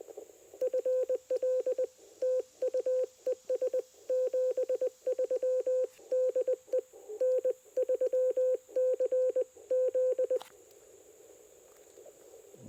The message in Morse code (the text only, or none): FL TU ES 73 DE N3CZ